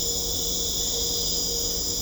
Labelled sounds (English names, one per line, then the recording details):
none
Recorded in secondary vegetation near Puerto Asís, Putumayo, Colombia, on 21 December 2024 at 19:30
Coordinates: 0.500, -76.326
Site G065